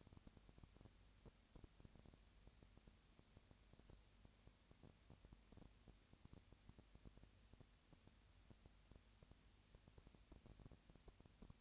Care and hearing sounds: daily activity, microphone in the room; no activity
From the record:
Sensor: 2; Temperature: 20.3 degrees Celsius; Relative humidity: 37.0%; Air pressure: 998.6 hPa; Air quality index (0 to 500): 236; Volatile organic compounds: 38 ppm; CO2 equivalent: 3116 ppm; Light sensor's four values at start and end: 2/3/2/2 and 2/3/2/2

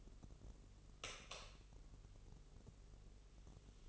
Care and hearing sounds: daily activity, microphone in the room; light on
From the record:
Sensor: 4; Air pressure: 996.1 hPa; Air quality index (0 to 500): 67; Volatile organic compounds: 2 ppm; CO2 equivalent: 1217 ppm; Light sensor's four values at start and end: 15/33/13/13 and 18/46/18/18

